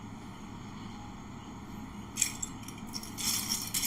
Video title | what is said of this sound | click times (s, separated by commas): Building the Dark Fondor Haulcraft (pt.3) | That's what we all like to hear. A nice solid click. | 2.2 s